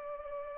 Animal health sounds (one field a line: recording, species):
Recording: mosquito wingbeat signal from an infrared sensor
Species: Culex pipiens